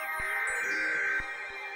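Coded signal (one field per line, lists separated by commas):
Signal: Emergency Alert System (SAME) tones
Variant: header bursts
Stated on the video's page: Received on a Reecom R-1630 weather alert radio.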